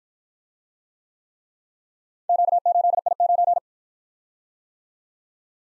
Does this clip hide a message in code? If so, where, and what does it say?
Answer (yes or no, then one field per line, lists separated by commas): yes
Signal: Morse code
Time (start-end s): 2.3-3.6 s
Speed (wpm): 56 wpm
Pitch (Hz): 700 Hz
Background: none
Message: Q8I9